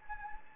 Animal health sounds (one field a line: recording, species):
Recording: mosquito wingbeat signal from an infrared sensor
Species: Anopheles gambiae